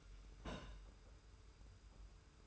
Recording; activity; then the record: daily activity, microphone in the room; place on stove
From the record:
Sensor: 2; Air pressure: 991.0 hPa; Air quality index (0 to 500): 110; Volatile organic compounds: 49 ppm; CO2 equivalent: 3288 ppm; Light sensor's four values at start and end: 34/102/40/38 and 34/102/40/38